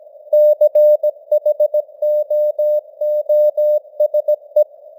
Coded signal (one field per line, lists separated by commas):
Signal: Morse code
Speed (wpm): 17 wpm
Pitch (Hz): 600 Hz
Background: none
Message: CHOOSE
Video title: Morse Code News | 2025-10-10 | 17wpm